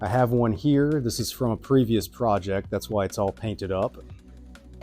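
Someone talks while holding a painted Nerf-style stock from a previous project up to a toy blaster's plastic stock attachment point, ready to push it on. Nothing has seated or snapped into place yet when the clip ends.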